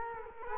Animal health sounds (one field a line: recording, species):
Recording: mosquito wingbeat signal from an infrared sensor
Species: Culex quinquefasciatus